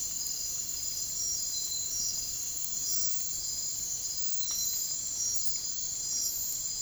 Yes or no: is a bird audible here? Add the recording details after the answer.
no. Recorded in dense forest near Puerto Asís, Putumayo, Colombia, on 23 June 2025 at 03:30. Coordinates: 0.503, -76.323. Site G059